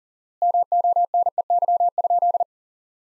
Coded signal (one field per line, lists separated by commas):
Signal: Morse code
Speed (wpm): 40 wpm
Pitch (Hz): 700 Hz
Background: none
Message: MONEY?